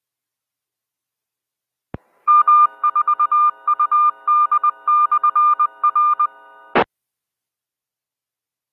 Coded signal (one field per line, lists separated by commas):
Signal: Morse code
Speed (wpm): 20 wpm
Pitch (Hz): 1200 Hz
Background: none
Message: M4UD/R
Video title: Bristol 2 Meter Net 06-11-19